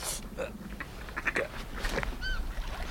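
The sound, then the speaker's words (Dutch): Birds call out at a jetty in a scattered series of harsh, squawking cries, some rising and wavering, over a steady background hiss, with no clear rhythm between the calls. “Ja, het is hier, kijk, die vogels zijn mij ook wel gewend.”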